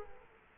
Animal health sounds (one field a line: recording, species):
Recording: mosquito wingbeat signal from an infrared sensor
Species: Culex quinquefasciatus